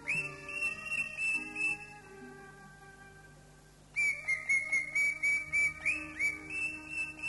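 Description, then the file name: Leafbird song: a rapid run of whistled notes, a quieter pause, then another fast burst of bright repeated whistles over steady low tones. "cucak ijo"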